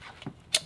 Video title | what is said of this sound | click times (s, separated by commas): Midland T71VP3 Walkie Talkie and MicroMobile MXT275 Unboxing - The Motorhome Experiment | locks into place and you're good to go | 0.6 s